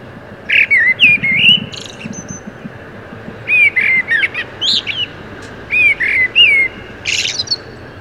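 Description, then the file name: Common blackbird: mellow fluting warbles with scratchy high twittering tails, in several bursts. "Turdus merula"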